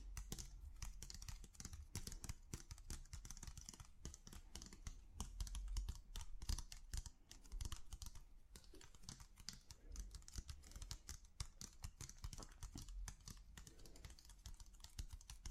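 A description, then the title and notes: Tapping on different objects, with quick, dense clicks and taps that run almost without pause for the whole stretch. The hits are sharp and bright, with a dull low thump under many of them, and their pace shifts slightly but never stops, much like typing on a keyboard. Ear To Ear Relaxing Tapping on Different Objects（No Talking）.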